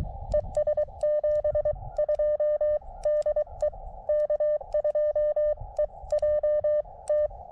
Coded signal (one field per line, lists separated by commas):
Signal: Morse code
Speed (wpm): 22 wpm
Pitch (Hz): 590 Hz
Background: none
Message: ES 72 DE K2EJT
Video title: Exercise in frustration: CW POTA at Letchworth State Park